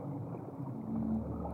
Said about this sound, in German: Tiefes, grauenvolles Röcheln. Endlich bricht der Schrei durch.